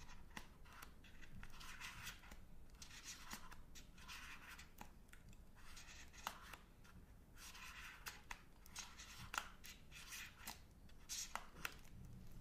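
Crinkly wrapper rustling and crackling from a Magnum chocolate being unwrapped, in dense bursts throughout, with sharp snaps near nine and eleven seconds.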